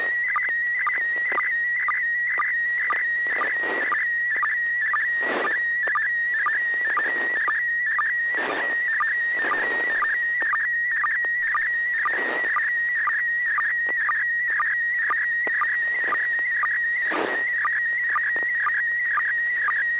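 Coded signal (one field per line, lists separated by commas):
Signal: SSTV (slow-scan television)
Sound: warbling whistle near two kilohertz with regular short low ticks, like a scanning image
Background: steady low hum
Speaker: i got a very clear of uh your yard andres i'm sorry to say that somebody's been spray painting graffiti on your fence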